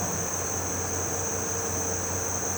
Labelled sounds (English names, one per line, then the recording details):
none
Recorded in pastures near Puerto Asís, Putumayo, Colombia, on 12 March 2025 at 17:30
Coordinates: 0.466, -76.322
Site CSA-02